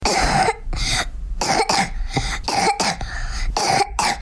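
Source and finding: Child. Cough in acute bronchitis.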